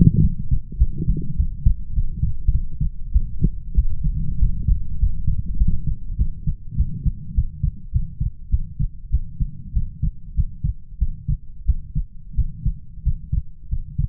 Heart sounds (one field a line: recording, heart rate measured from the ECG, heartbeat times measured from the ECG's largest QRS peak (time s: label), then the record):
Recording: heart sounds by stethoscope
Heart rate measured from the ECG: 98 bpm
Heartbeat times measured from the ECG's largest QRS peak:
0.21 s: heartbeat
0.78 s: heartbeat
1.36 s: heartbeat
1.94 s: heartbeat
2.51 s: heartbeat
3.12 s: heartbeat
3.75 s: heartbeat
4.39 s: heartbeat
4.99 s: heartbeat
5.57 s: heartbeat
6.17 s: heartbeat
6.76 s: heartbeat
7.34 s: heartbeat
7.92 s: heartbeat
8.50 s: heartbeat
9.10 s: heartbeat
9.73 s: heartbeat
10.35 s: heartbeat
10.98 s: heartbeat
11.65 s: heartbeat
12.35 s: heartbeat
13.03 s: heartbeat
13.69 s: heartbeat
From the record:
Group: healthy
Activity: light exercise 0-3 s, rest 3-14 s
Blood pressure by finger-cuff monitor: 114/62 mmHg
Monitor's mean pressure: 77 mmHg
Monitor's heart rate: 102 bpm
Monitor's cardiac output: 9.1 L/min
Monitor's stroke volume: 90 mL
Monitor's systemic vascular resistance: 630 dyn s/cm5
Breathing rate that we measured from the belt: 21 breaths a minute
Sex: female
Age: 19 years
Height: 163 cm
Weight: 48.9 kg